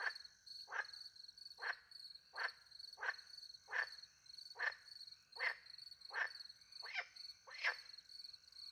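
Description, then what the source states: Frog repeating quick, rasping croaks in a steady series, with crickets trilling steadily high above. Frogs with crickets at night in countryside beside a little pond in France; microphones hidden in a tree, two Usi Pro microphones into a MixPre-10 II recorder.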